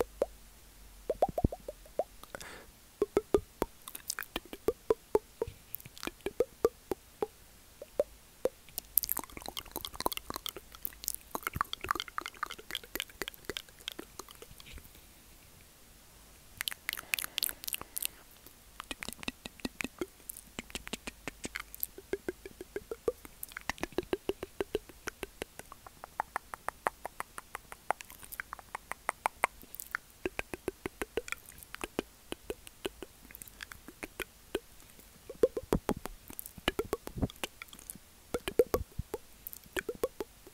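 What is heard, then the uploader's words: Mouth sounds: a busy run of wet clicks, smacks and pops, like chewing or lip noises, coming in quick irregular bursts throughout. Some bright hissy, sputtering stretches stand out near 9–10 and 16–18 seconds, with brief quieter gaps between clusters. ASMR Mouth Sounds.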